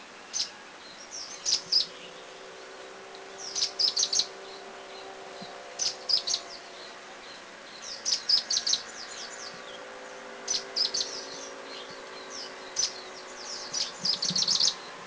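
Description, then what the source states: Grey-breasted prinia calls: short high chirping bursts in clusters, repeated with pauses, over a steady low background hum. Recorded in northern Thailand.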